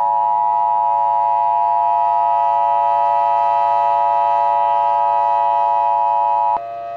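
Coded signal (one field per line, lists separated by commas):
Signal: Emergency Alert System (SAME) tones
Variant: 853 and 960 Hz attention tone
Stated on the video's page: Fictional scenario using valid tones.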